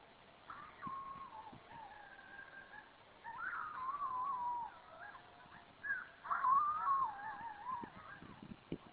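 Coyote howls, long wavering tones that rise and fall, coming in several bouts with short pauses between them, over a quiet background.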